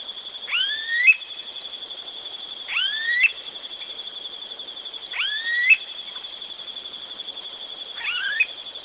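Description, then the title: Smooth-billed Ani calling with a sharply upslurred whining whistle, repeated four times about every two and a half seconds, with a constant thin high tone behind. "LuckyPassaro Completos2Sama. Smooth-billed Ani (Crotophaga ani)"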